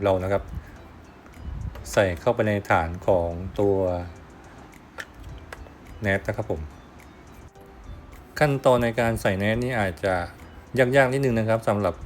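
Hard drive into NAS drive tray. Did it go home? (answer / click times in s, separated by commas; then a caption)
yes / 5.0 s, 5.5 s. A hard drive is pushed into the plastic drive tray of a Synology NAS unit while someone talks. Two sharp ticks are heard at 5.0 s and 5.5 s as the drive snaps and locks into the tray, and it is seated.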